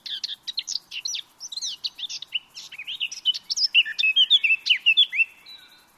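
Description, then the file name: Eurasian blackcap delivering a lively warbled song, quick varied chirps building into louder, clearer whistled notes toward the end of the phrase. "Sylvia atricapilla"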